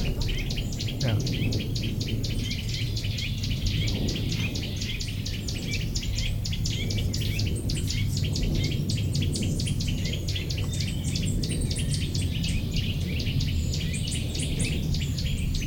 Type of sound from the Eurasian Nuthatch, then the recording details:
call. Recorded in the wild. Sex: group. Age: diverse. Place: Potsdam-Telegrafenberg, Brandenburg, DE. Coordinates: 52.3814, 13.0644. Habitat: park. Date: 1996-06-07 19:16. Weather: sunny. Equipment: Sony MD-WM MZ-R3, Sennheiser MKH 416 T, Kopie Uher 4000 Report Monitor. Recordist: Tembrock, Günter